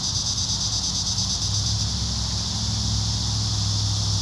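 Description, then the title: Cicadas buzzing in a continuous high chorus with quick pulses, while a low vehicle-like drone hums beneath. Several cicadas in a park. "neoscenes: cicadas in the park"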